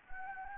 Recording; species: mosquito wingbeat signal from an infrared sensor; Anopheles gambiae